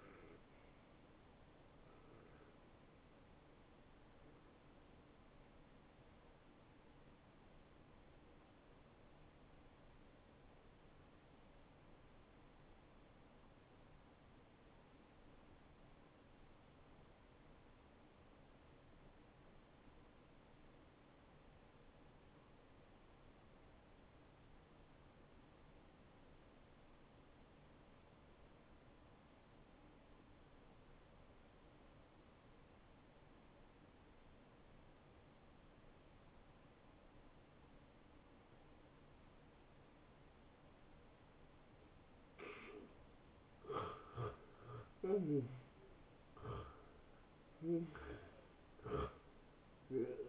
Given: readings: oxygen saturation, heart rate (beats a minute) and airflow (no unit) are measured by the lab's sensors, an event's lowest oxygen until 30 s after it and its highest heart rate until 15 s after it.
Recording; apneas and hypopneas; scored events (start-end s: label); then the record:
breathing in sleep by a voice recorder at the bedside; 1
5.00-43.70 s: hypopnea (N1, oxygen 94% highest, then 86% lowest, heart rate 81 at the start, 82 highest)
9.00-39.00 s: new sleep stage, N2 (light sleep)
39.00-50.29 s: new sleep stage, N1 (lightest sleep)
From the record:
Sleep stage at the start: N1 (lightest sleep); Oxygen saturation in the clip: 78 to 94%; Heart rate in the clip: 63 to 84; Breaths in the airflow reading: 7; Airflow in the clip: -15.2 to 11.4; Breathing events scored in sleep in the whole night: 263 in 5.5 hours asleep